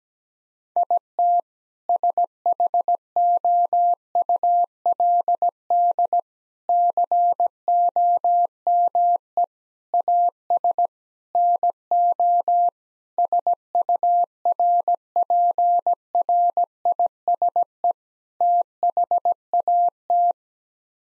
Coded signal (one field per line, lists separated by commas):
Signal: Morse code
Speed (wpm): 17 wpm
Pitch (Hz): 700 Hz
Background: none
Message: IT SHOULD COME AS NO SURPRISE THAT